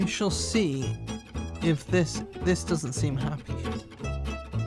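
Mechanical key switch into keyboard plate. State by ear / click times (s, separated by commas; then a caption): not seated / none. A mechanical key switch, one of the Gat Milky Blacks, is being pushed into the plate of a Switch Couture Alice keyboard and is resisting as it goes in. Music plays throughout while someone talks. The switch has not snapped into place by the end; nothing has seated or clicked yet.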